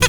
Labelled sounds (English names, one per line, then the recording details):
Zebra Finch hat call
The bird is a female
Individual fem11